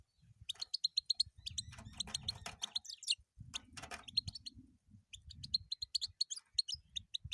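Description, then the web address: European goldfinch song, fast liquid twitters and buzzy chirps strung together, over intermittent low rumbling background noise. "penie schegla"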